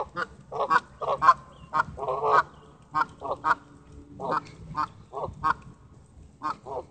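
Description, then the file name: Goose honks in loud nasal bursts, several in quick pairs and runs, repeated irregularly about once a second over a quiet low background. "Geesem"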